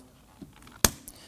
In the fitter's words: You're going to hear it and feel it snap into place.